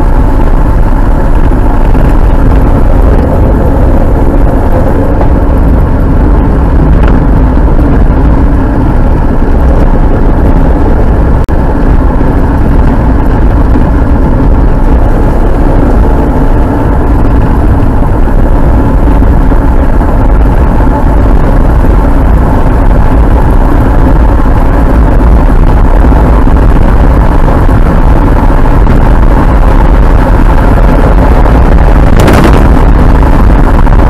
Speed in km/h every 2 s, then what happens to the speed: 52, 51, 48, 48, 48, 49, 50, 50, 52, 53, 57, 60, 64, 69, 73, 77, 77.
0-18 steady at about 50. 18-30 speeds up to 77.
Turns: none.